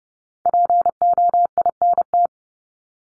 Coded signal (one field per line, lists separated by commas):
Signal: Morse code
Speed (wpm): 30 wpm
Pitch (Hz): 700 Hz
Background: none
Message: POINT